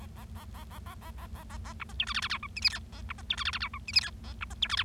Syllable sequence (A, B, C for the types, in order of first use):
A A A A A A A A A A A B C D E F F G H I J K A B C D E F F G H I J K A B C D E F